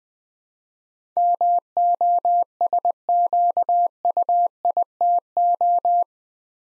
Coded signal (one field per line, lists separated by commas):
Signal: Morse code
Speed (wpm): 20 wpm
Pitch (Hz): 700 Hz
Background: none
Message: MOSQUITO